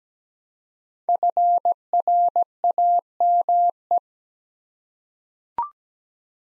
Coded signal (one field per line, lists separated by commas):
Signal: Morse code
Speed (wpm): 17 wpm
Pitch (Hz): 700 Hz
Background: none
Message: FRAME